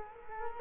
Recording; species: mosquito wingbeat signal from an infrared sensor; Culex quinquefasciatus